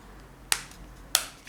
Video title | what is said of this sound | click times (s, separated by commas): Unboxing Dreamer Designs Insane in the Membrane | piece on the end it snaps back in you're never going to lose that funnel | 0.5 s, 1.2 s